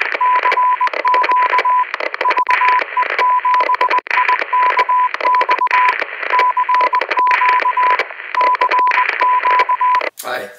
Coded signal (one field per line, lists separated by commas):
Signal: Morse code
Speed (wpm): 20 wpm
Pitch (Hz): 1000 Hz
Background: speech, radio noise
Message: CQ VE7IKX CQ CQ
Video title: Wouxun KG-UV8D Amateur Ham Radio Unboxing and Demo